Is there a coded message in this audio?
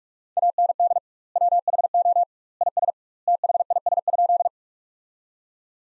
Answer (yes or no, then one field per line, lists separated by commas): yes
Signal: Morse code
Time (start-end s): 0.4-4.5 s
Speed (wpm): 48 wpm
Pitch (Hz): 700 Hz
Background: none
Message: AND WHO IS THIS?